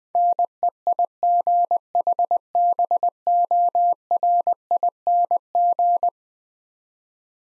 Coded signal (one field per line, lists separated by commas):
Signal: Morse code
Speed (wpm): 20 wpm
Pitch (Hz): 700 Hz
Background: none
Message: NEIGHBORING